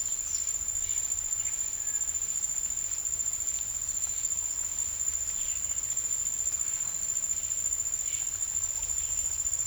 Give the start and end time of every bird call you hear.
0.79s-1.57s: bird call
5.39s-5.78s: bird call
7.99s-8.23s: bird call

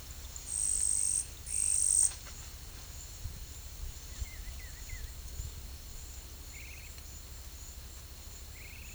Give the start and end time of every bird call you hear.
4.17s-5.15s: bird call
6.52s-6.93s: bird call

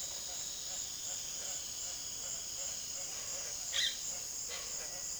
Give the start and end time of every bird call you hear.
0.00s-5.19s: bird call

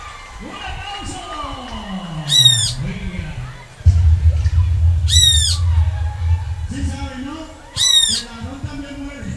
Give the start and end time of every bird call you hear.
2.21s-2.80s: bird call
5.02s-5.59s: bird call
7.67s-8.28s: bird call

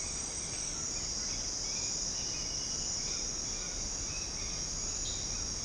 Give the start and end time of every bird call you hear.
1.46s-4.89s: bird call

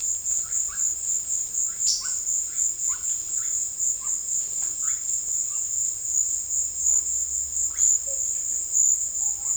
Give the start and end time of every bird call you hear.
0.35s-5.03s: bird call
7.63s-9.57s: bird call

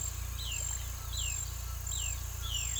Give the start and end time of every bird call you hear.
0.00s-2.80s: bird call

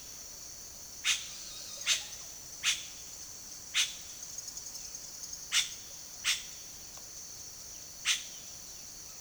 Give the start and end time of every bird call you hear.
0.86s-8.24s: bird call

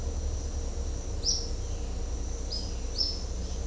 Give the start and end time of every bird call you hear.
1.18s-1.37s: bird call
2.48s-3.13s: bird call

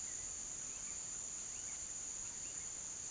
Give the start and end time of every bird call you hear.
0.00s-3.11s: bird call

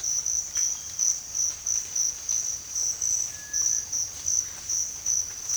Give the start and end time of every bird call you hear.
3.29s-3.89s: bird call

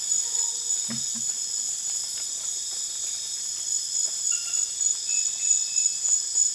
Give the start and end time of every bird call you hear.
0.17s-1.29s: bird call
4.27s-5.95s: bird call

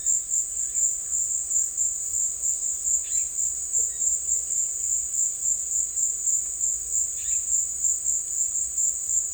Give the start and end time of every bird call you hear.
0.53s-1.78s: bird call
2.93s-3.29s: bird call
3.75s-5.28s: bird call
7.06s-7.41s: bird call

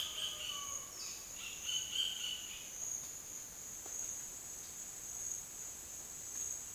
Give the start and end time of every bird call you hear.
0.00s-2.52s: bird call

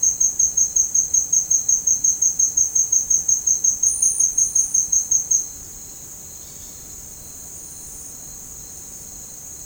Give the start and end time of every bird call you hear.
6.36s-6.83s: bird call

